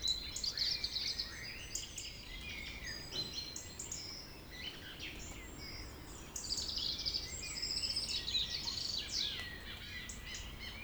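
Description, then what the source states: Birds in a lively chorus of quick chirps, trills and whistles, many short notes tumbling over each other above faint noise. Village birds singing in the evening around 8 pm, humid weather, April 2019, Tregastel, Pleumeur-Bodou, France; recorded with MKH 8040 ORTF pair, Rycote ORTF, Zoom H5.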